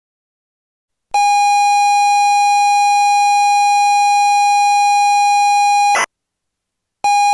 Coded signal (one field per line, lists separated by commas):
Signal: ZX Spectrum tape loading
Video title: 2015 -- Peter Walker-Birch Logo -- ZX Spectrum Emulation -- With Sound